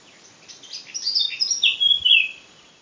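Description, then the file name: Eurasian blackcap: a short, busy warble of high scratchy notes that ends in a couple of loud, drawn-out fluted whistles. "Sylvia atricapilla"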